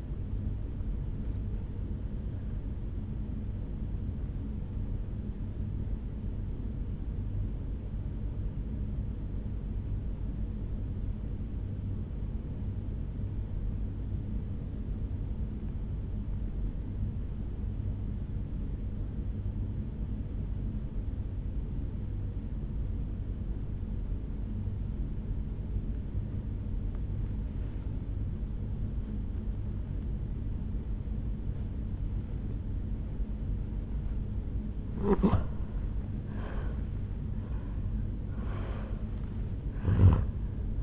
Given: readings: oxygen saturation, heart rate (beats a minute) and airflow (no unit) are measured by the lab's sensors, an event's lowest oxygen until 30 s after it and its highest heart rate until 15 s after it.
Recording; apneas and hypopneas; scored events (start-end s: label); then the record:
breathing in sleep by a smartphone at the bedside; 1
7.00-34.00 s: obstructive apnea (N1, oxygen 96% highest, then 84% lowest, heart rate 56 at the start, 76 highest)
14.00-40.83 s: new sleep stage, N2 (light sleep)
From the record:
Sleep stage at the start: N1 (lightest sleep); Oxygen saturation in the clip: 85 to 96%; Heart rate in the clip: 54 to 78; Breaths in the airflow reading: 3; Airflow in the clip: -8.4 to 5.9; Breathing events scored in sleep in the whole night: 449 in 7.0 hours asleep